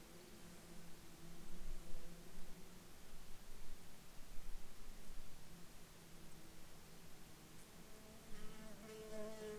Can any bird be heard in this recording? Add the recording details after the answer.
no. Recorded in Ivvavik National Park, Yukon, on 1 July 2019 at 10:59. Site SINP09